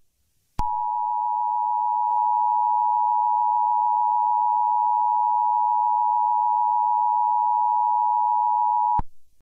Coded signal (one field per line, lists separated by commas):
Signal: Emergency Alert System (SAME) tones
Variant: 853 and 960 Hz attention tone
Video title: SCP-008 (An EAS Mini Scenario) #1